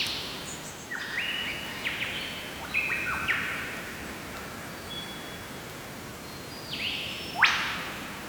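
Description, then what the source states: Lyrebird song, varied whistled notes and downward sweeps early on, then a pause before a sharp sweeping note near the end, with steady background hiss. Toolangi forest, Australia.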